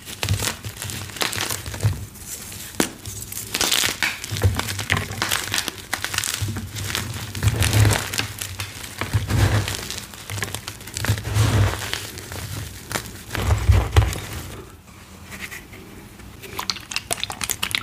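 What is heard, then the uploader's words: Crunchy cornstarch blocks are crushed and crumbled, giving dense, crackling crunches with sharp bursts every second or so. A low thumping pulse runs under the busiest stretches, and the crunching thins out near the end. Purple Cornstarch Crunchies. Satisfying crunchy cornstarch + fresh blocks + cyan shimmer oil #asmr #satisfying #gymchalk #dyedgymchalk.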